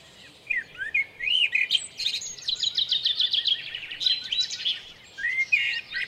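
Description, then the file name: Common blackbird singing: a few rich fluted whistles lead into a fast string of high, scratchy twittering notes, with another mellow note near the end. At Lucenay. "merle lucenay"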